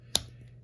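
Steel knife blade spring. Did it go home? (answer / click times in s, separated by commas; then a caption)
yes / 0.1 s. The blade of a bone-handled slip joint pocket knife is opened until it snaps into the backspring's half-stop detent. A single sharp snap is heard at 0.1 s, with nothing else in the clip. The blade seats at the half stop and locks in place.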